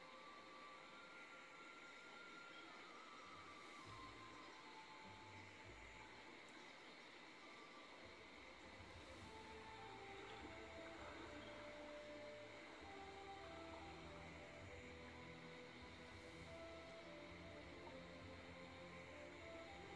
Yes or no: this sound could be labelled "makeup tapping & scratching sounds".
no